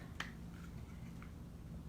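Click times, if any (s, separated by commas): 0.2 s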